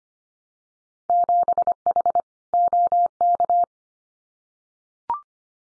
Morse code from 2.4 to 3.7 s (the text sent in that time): OK